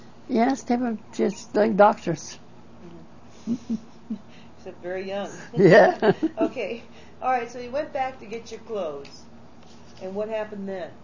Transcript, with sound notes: Yes, they were just like doctors.
But very young. (they laugh) All right, so you went back to get your clothes. And what happened then?